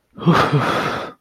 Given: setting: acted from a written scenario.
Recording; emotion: vocal sound without words; relief